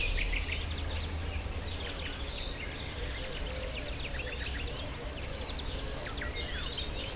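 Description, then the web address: Birds twitter and chirp in a dense chorus with quick sliding notes, over a constant low background rumble. Hortobágy fishponds, Hungary, 2014; at the inner terminal station of the narrow-gauge railway; diverse birdlife. "hanggyujtemeny kisvasut hortobagyihalastavak 2014 termeszet sokszinumadarvilag belsovegallomas"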